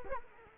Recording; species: mosquito wingbeat signal from an infrared sensor; Culex quinquefasciatus